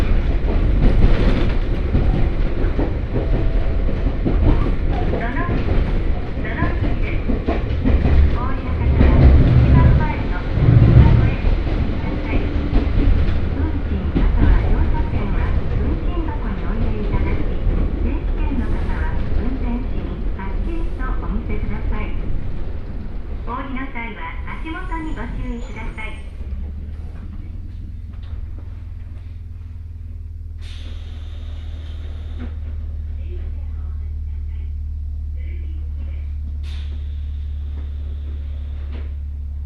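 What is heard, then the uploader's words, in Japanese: Onboard a Hokuriku Railway Ishikawa Line train, a loud rumbling roar with rattling and clattering dominates the first half, then eases from about 26 seconds. The train settles into a steady low hum, with brief sharp squeals and clicks near 30 and 38 seconds. 鉄道旅 北陸鉄道石川線 野町→鶴来。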